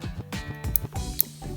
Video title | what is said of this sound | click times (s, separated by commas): RED 5 SKY QUAD PLUS V2r Unboxing and Set Up | you hear the click, that's in. | 1.2 s